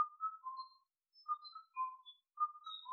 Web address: Indian cuckoo